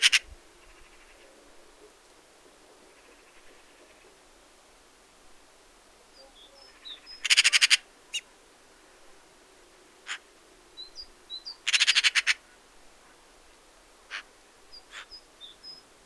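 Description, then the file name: Eurasian magpie giving two loud rattling chatters, each a fast run of harsh clipped notes, with isolated sharp clicks and faint thin bird chirps in the background. "Pica pica"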